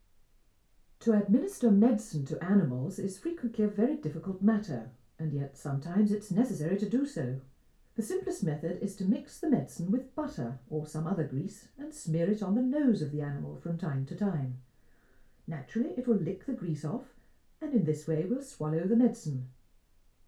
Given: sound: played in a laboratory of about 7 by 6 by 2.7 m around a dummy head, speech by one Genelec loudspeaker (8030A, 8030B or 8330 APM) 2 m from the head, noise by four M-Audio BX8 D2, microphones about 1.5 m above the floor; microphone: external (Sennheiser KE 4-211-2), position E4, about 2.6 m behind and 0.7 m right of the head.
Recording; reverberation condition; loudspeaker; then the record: female speech in English; low; 150 degrees to the right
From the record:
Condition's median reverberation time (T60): about 310 ms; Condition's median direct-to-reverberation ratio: about 3.5 dB